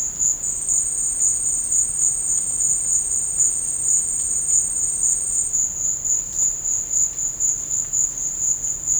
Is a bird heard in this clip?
no